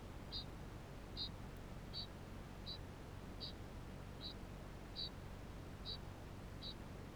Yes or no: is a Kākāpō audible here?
yes